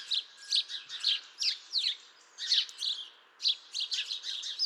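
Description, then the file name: House sparrow giving repeated harsh chirps at a steady, busy pace. "Passer domesticus"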